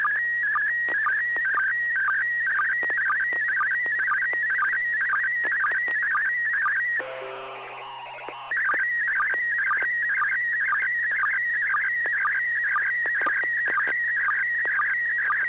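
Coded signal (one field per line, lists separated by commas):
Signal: SSTV (slow-scan television)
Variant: PD120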